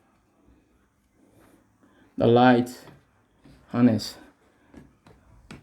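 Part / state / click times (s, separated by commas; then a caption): ceiling fan light kit harness plug into its connector / not seated / none. A ceiling fan light kit's wiring harness plug is handled near its connector while someone talks. Faint rustling and soft handling taps are heard around the speech, with a few short sharp ticks near the end. Nothing has seated or clicked yet.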